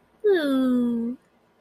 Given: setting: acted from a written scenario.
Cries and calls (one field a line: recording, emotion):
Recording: vocal sound without words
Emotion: adoration